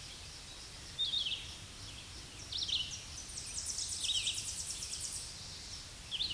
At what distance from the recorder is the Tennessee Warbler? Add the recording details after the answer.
about 30 m. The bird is about 15 m above the microphone. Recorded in a Pennsylvania forest on 16 May 2024 at 07:59. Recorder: AudioMoth, point MSD-2095. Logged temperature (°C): 16.3 °C. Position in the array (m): 136 m, 90 m